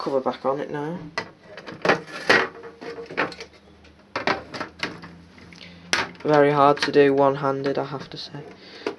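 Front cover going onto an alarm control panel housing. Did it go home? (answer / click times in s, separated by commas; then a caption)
no / none. Someone talks while pushing the metal or plastic front cover of a vintage Logic 4 intruder alarm control panel back onto its housing one-handed, so it will click into place on the tamper switch and turn the tamper light off. Several sharp knocks and clatters of handling are heard between the talk. Nothing has seated or clicked yet.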